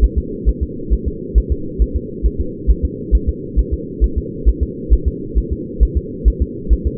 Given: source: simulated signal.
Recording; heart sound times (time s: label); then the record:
fetal heart sounds
0.04 s: S1
0.18 s: S2
0.49 s: S1
0.63 s: S2
0.93 s: S1
1.08 s: S2
1.38 s: S1
1.52 s: S2
1.82 s: S1
1.96 s: S2
2.26 s: S1
2.41 s: S2
2.71 s: S1
2.85 s: S2
3.15 s: S1
3.29 s: S2
3.59 s: S1
3.73 s: S2
4.04 s: S1
4.18 s: S2
4.49 s: S1
4.63 s: S2
4.93 s: S1
5.08 s: S2
5.38 s: S1
5.53 s: S2
5.83 s: S1
5.97 s: S2
6.28 s: S1
6.42 s: S2
6.73 s: S1
6.87 s: S2
From the record:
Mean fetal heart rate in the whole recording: 135 bpm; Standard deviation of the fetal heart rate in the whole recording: 3 bpm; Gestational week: 34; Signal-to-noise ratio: -4.3 dB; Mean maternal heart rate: 72 bpm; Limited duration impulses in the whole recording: absent